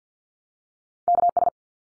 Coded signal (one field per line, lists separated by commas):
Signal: Morse code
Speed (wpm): 50 wpm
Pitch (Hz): 700 Hz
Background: none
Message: KS